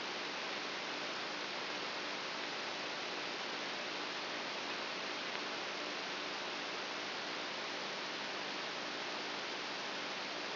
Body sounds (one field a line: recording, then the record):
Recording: brain microelectrode recording played as sound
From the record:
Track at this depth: outside the subthalamic nucleus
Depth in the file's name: 6.64 mm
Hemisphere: right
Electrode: 2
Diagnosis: Parkinson's disease